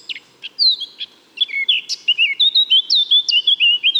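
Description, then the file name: Eurasian blackcap song: a few soft chips, then a loud, fast run of clear fluted whistles repeated in quick succession. "Sylvia atricapilla"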